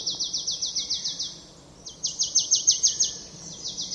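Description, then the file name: Marsh tit repeating crisp, high, downward-sliding notes about seven times a second, pausing briefly before the run resumes. "Poecile palustris"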